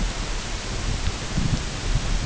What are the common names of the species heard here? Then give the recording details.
none. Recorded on Arctic tundra, site UTQI-8, on 14 June 2019. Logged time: 08:00